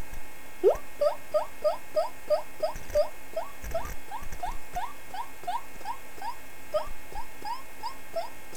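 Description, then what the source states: Guinea pig wheeking: a long series of short rising whistles, steady and insistent, over a faint background hum. More than one guinea pig; the sound is named as wheeking (pouikage).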